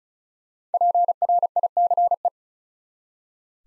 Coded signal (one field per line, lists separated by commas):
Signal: Morse code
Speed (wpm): 36 wpm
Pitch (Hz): 700 Hz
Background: none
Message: PRICE